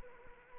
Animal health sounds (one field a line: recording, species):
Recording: mosquito wingbeat signal from an infrared sensor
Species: Anopheles arabiensis